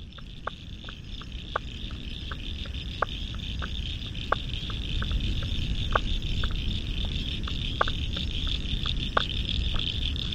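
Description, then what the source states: Frogs calling in chorus, a continuous high trill with irregular sharp clicks and pops, against a heavy low rumble. Spring frog chorus at dusk beside the South Pacific Ocean, Royal National Park, Australia, November 2015.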